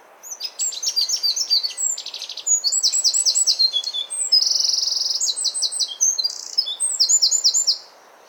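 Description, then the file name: Eurasian wren delivering an energetic, high-pitched song of quick repeated notes and a dry rattling trill, lasting about seven seconds. "Troglodytes troglodytes"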